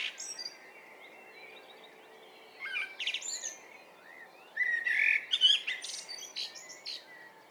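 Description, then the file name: Common blackbird, quieter, singing soft warbling phrases that end in high, scratchy twitters over steady background hiss. "Turdus merula"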